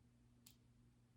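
To take an earring off, the hinged back is pushed up with one hand and releases from its clasp with a single short, bright click at 0.5 s. A steady low hum runs underneath, and the earring back is left open.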